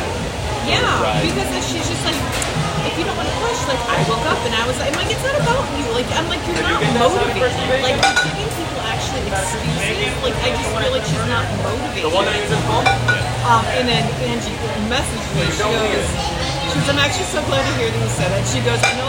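A busy restaurant kitchen during Sunday breakfast in Phoenix, with dishes and utensils clinking constantly over steady overlapping chatter and a low hum.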